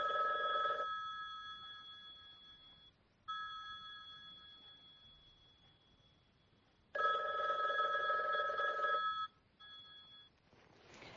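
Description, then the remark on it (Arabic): A telephone at home rings in bursts, a steady bright electronic trill with strong harmonic tones. Three ring periods are separated by pauses as the tone fades, and no voices are heard. The mother then answers it. “بينما انشغلت ماما بالرد على الهاتف تطمئن الأقارب والأصدقاء”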